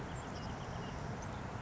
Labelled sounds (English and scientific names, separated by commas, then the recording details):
Savannah Sparrow (Passerculus sandwichensis)
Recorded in Sonoma County, California